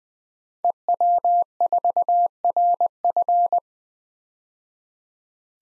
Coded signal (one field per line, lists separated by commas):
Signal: Morse code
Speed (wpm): 20 wpm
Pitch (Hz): 700 Hz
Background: none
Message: EW4RF